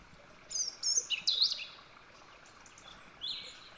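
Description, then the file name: European robin song, a quick run of sharp high twittering notes followed by a softer thin phrase after a pause. "Erithacus rubecula"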